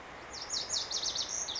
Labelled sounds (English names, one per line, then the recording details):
Lazuli Bunting
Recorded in Sonoma County, California